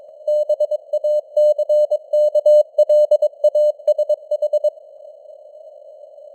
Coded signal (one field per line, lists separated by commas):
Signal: Morse code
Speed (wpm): 22 wpm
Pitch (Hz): 600 Hz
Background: none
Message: BACKLASH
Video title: Morse Code News | 2025-12-12 | 22wpm